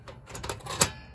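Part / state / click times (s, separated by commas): butane canister into portable stove / seated / 0.8 s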